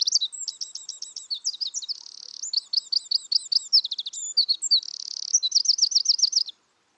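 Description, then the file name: Eurasian wren song, a fast, unbroken run of high trills, rattles and buzzy notes lasting over six seconds, ending abruptly; no other sounds. "Troglodytes troglodytes"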